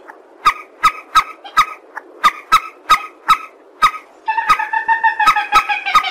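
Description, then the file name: Purple swamphen calls: short clucks repeated in a steady series, then a denser run of nasal, harmonic cackling at the end. "tieng trich re keu"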